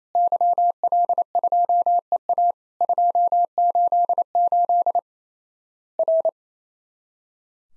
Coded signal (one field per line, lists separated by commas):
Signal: Morse code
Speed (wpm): 27 wpm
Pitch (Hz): 700 Hz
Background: none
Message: YL2EA 288 R